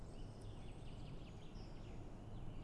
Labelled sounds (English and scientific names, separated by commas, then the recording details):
Common Chaffinch (Fringilla coelebs)
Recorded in Germany
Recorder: ecoPi